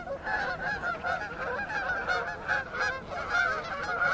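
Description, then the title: Goose: geese calling in a dense flock, rapid overlapping honks forming a continuous clamour. Geese in gaggles in fields and flooded meadows by the River Thame, England, UK, morning of 23 September 2023, excited by water across the meadows. "Gaggles of geese, River Thame, England, UK on 23rd September 2023"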